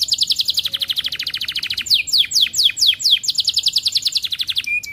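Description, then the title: Atlantic canary song with a quick even trill, then a run of sharp descending whistled notes and a final rapid trill ending in a short level note. Canary singing actively, with the best varied phrases (cengkok) and rich fill-in notes (isian). "Kenari Gacor Cengkok Terbaik Isian Paling Mewah"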